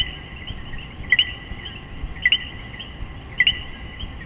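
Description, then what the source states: Coquí giving three crisp two-note co-qui calls about a second apart over a steady background chorus. Puerto Rico.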